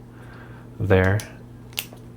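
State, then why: Seated. Someone talks briefly, then the Peak Design pop-off clasp of a custom-made camera harness strap is fitted into its anchor point. A sharp click sounds at 1.8 s as the clasp snaps in and seats.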